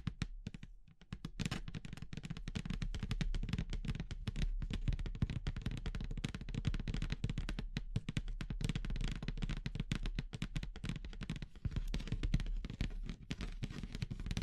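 Dense, rapid clicking and crackling of wood, bamboo and straw, brief pause near the start, then a steady rustling clatter with a low rumble throughout.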